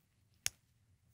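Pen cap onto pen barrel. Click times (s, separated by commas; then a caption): 0.5 s. A pop-top cap is pushed back onto the body of a lightweight Cross Calais fountain pen. It snaps into place with a single sharp click at 0.5 s over a low background hum. The cap seats, though the fit is not very secure.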